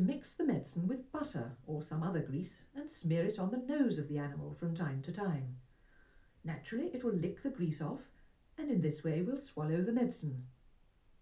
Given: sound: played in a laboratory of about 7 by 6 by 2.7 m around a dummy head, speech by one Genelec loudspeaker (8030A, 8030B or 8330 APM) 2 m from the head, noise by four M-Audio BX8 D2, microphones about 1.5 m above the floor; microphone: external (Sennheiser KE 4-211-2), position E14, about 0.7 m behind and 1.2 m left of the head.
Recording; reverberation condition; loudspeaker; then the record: female speech in English; low; 120 degrees to the right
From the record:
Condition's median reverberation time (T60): about 310 ms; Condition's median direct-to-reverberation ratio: about 3.5 dB